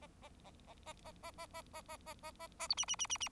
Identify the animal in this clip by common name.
Bengalese Finch